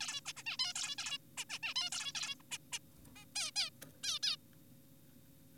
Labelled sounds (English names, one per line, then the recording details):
Zebra Finch
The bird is an adult
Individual g4p5U